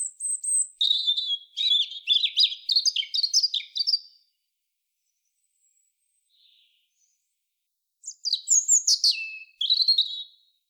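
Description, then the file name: European robin delivering a long, fast sequence of high trills and thin whistles lasting about four seconds, silence, then a fresh cascading phrase. "Erithacus rubecula"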